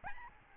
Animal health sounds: mosquito wingbeat signal from an infrared sensor; Aedes albopictus

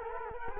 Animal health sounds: mosquito wingbeat signal from an infrared sensor; Culex quinquefasciatus

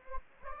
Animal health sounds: mosquito wingbeat signal from an infrared sensor; Anopheles gambiae

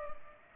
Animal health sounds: mosquito wingbeat signal from an infrared sensor; Culex pipiens

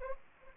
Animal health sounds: mosquito wingbeat signal from an infrared sensor; Anopheles arabiensis

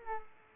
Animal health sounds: mosquito wingbeat signal from an infrared sensor; Aedes aegypti

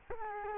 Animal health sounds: mosquito wingbeat signal from an infrared sensor; Culex quinquefasciatus

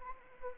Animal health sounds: mosquito wingbeat signal from an infrared sensor; Anopheles arabiensis

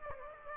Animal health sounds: mosquito wingbeat signal from an infrared sensor; Aedes aegypti

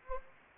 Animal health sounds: mosquito wingbeat signal from an infrared sensor; Anopheles gambiae

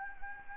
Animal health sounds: mosquito wingbeat signal from an infrared sensor; Anopheles gambiae

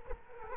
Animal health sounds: mosquito wingbeat signal from an infrared sensor; Culex quinquefasciatus

